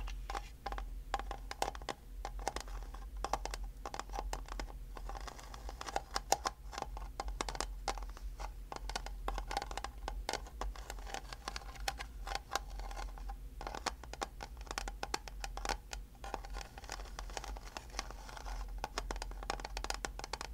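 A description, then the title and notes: Busy tapping and scratching run through the whole 21 seconds, a dense patter of sharp clicks that come unevenly, sometimes clustered, never stopping for long. A low steady hum sits underneath, and a soft wet crackle threads between the taps. ASMR Festive Trigger Assortment For Sleep (tapping, scratching, liquid sounds).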